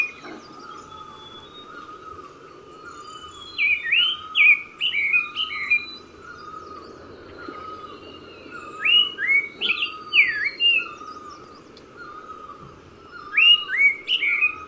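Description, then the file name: Black-breasted thrush singing short, rich whistled phrases of looping, slurred notes, repeated every few seconds over a steady background series of softer repeated notes. Nagaland, India. "Black-breasted-Thrush Turdus-dissimilis Nagaland"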